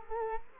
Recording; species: mosquito wingbeat signal from an infrared sensor; Culex quinquefasciatus